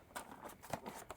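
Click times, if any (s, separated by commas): 0.7 s, 1.1 s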